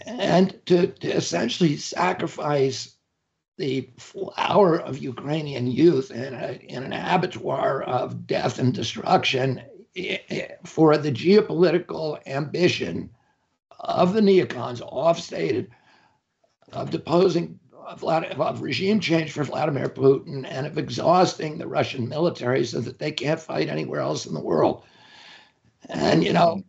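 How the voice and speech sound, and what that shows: Adult male speaker, speaking with the strained, rough voice of spasmodic dysphonia, which causes the sound of his voice.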